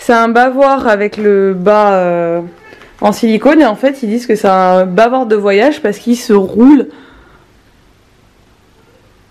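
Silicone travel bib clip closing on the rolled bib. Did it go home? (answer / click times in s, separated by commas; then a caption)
no / none. Someone talks while handling a travel bib with a silicone bottom that rolls up so it can be clipped closed for storage. After the talking stops around 6.9 s, only faint low background noise continues to the end. Nothing has clicked or been clipped shut yet.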